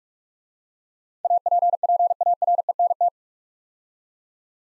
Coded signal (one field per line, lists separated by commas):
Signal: Morse code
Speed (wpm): 44 wpm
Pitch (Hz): 700 Hz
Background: none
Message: APPARENT